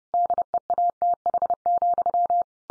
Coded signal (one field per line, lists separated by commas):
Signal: Morse code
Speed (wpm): 30 wpm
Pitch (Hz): 700 Hz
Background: none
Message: DEATH,